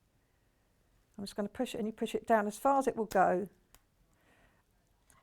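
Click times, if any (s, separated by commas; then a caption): 5.1 s. A circular insert is pushed down as far as it will go into a handheld sewing/tagging tool. Someone talks for about two and a half seconds, then a short, sharp tick comes at 3.8 s. The part clicks into place at 5.1 s with a brief, crisp click.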